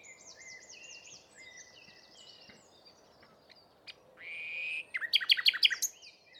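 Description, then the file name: Common nightingale song: a long rising whistle swelling into a steady tone, then a quick burst of sharp repeated notes. "Luscinia megarhynchos"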